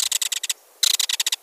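Belted kingfisher rattling: two quick bursts of harsh clicking notes, each about half a second long, separated by a brief pause.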